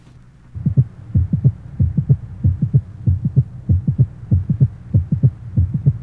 Age 35 normal systolic triple rhythm, mitral area, the loudest sound being the second heart sound.